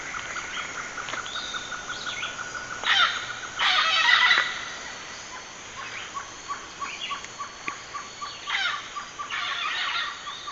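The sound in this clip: Bird calls: loud rasping squawk bursts mixed with rapid repeated high pips and short chirps, over a steady hiss.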